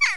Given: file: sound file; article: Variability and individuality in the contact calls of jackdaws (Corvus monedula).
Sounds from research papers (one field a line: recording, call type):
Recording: jackdaw call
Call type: harmonic